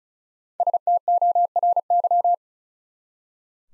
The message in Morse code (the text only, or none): STORY